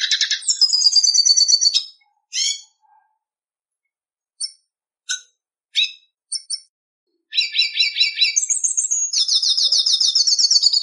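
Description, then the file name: Red siskin song: bursts of rapid buzzy trills and twittering high notes, pausing briefly with scattered short chips before a long rolling trilled phrase resumes. "Canto do pintassilgo da venezuela"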